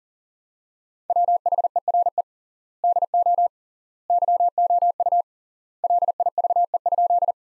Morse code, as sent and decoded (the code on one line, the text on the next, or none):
.-- .... . .-. . / -.. --- / -.-- --- ..- / .-.. .. ...- . ..--..
WHERE DO YOU LIVE?